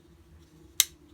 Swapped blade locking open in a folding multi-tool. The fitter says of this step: snaps into place.